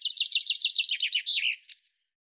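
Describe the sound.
Common chaffinch song: a rapid run of repeated high notes that descends into a final flourish, lasting about two seconds.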